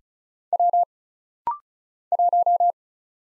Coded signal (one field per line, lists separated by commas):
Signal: Morse code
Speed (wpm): 34 wpm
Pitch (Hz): 700 Hz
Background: none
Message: W 1